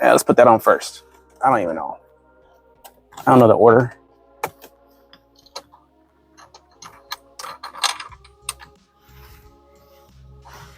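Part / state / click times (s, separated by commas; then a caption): plastic phone holder part into its car mount base / not seated / none. During setup in a car, a plastic piece of an LXKYANTEUE MagSafe magnetic car phone holder is handled against its car mount base while someone talks over music. Short, sharp plastic taps and knocks follow between about 4 and 9 seconds. Nothing has seated or snapped into place yet.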